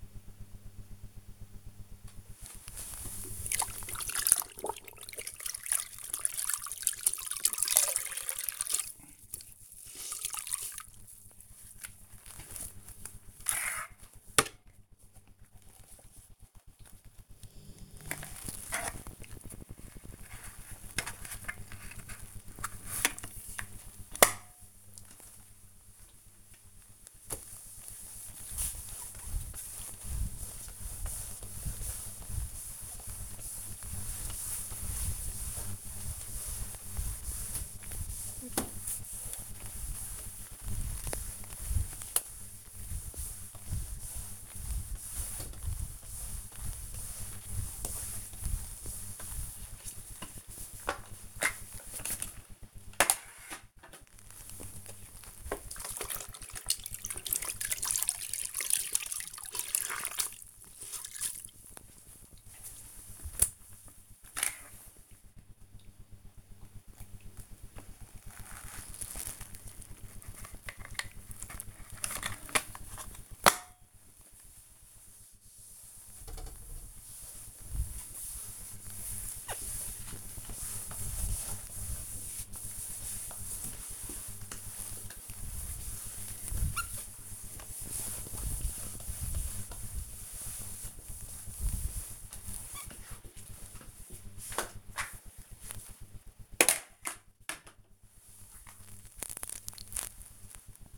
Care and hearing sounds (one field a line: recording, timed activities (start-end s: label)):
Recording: household activities, microphone on the right wrist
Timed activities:
0.26-98.95 s: floor cleaning